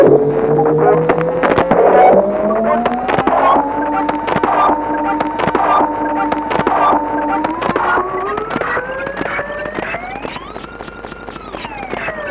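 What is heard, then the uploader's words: Self-generated feedback noise: a droning, engine-like tone that slowly slides upward in pitch, with soft pulses about once a second and constant crackling clicks. Near the end the tone jumps higher, holds briefly, then bends back down. A brief burst of no input self generated noise from one of our Hate Echo reclocked delay pedals.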